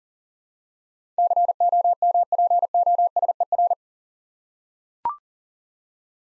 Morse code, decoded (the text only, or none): COMPOSER